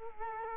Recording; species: mosquito wingbeat signal from an infrared sensor; Culex quinquefasciatus